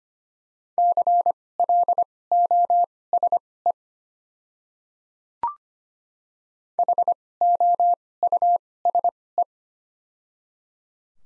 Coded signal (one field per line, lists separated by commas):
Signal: Morse code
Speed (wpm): 25 wpm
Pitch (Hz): 700 Hz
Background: none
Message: CLOSE HOUSE